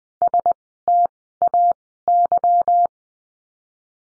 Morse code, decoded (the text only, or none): STAY